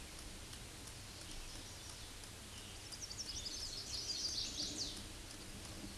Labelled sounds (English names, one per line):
Chestnut-sided Warbler song